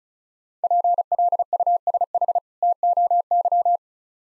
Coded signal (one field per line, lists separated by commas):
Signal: Morse code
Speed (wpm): 36 wpm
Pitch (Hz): 700 Hz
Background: none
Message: PLUSH TOY